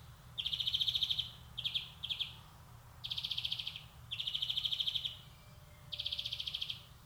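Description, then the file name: European greenfinch song of rapid even trills, with two brief clipped bursts in the middle. "Chloris chloris"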